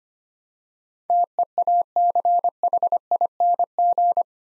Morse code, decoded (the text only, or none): TEACHING